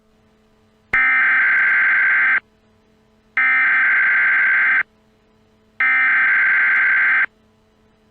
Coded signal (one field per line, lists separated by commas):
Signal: Emergency Alert System (SAME) tones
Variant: header bursts